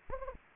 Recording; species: mosquito wingbeat signal from an infrared sensor; Anopheles gambiae